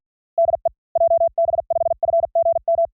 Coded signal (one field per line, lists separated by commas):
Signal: Morse code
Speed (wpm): 48 wpm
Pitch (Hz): 670 Hz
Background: none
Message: DE JB5FGM